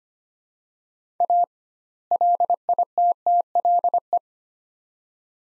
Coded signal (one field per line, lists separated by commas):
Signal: Morse code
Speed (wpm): 25 wpm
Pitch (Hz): 700 Hz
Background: none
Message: A LITTLE